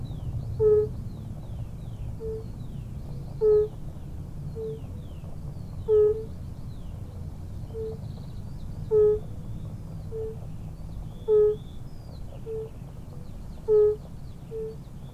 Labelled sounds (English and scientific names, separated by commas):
Fire-Bellied Toad (Bombina bombina) call